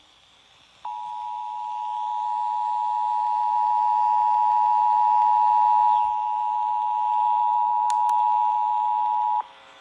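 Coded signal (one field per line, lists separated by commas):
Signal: Emergency Alert System (SAME) tones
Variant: 853 and 960 Hz attention tone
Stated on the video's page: North Carolina Amber Alert received on fifteen FM stations, partly by unintentional DX reception.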